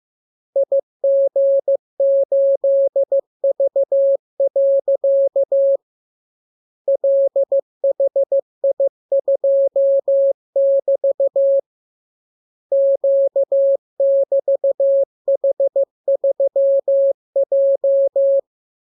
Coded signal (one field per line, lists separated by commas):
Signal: Morse code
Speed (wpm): 15 wpm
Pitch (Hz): 550 Hz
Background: none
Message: IG8V. LHI2<BT> Q<BT>H3J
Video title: Learning Morse Code. Lesson 32. Letter KMURESNAPTLWI.JZ=FOY,VG5/Q92H38B?